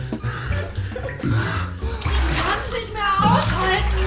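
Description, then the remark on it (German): Bath water sloshes and splashes steadily in a broad, hissing wash, with a person's voice talking over the watery churn throughout. “Dein Wasser ist noch nicht heiß.”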